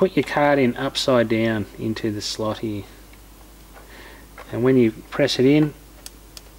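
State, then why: Seated. An SD memory card is pushed upside down into the card slot of a Uway VH200HD trail camera until it latches. Someone talks, then two short, sharp clicks are heard at 6.1 s and 6.4 s as the card seats in the slot.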